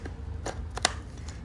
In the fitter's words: Clicks into place.